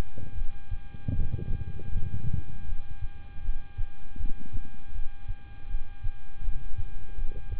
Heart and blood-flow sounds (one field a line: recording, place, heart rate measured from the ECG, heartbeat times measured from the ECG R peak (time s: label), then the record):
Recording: heart sounds by stethoscope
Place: between the tricuspid and mitral areas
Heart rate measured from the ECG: 79 bpm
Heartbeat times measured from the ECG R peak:
0.35 s: heartbeat
1.12 s: heartbeat
1.89 s: heartbeat
2.66 s: heartbeat
3.42 s: heartbeat
4.17 s: heartbeat
4.92 s: heartbeat
5.68 s: heartbeat
6.42 s: heartbeat
7.15 s: heartbeat
From the record:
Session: rest, lying down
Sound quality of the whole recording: good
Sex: male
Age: 26 years